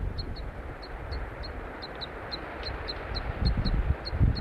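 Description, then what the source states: Crossbill begging calls, short high chips repeated quickly in loose runs of two or three, over a low rumbling background. Juvenile giving begging calls; male at top of a Table Mountain pine giving soft flight calls.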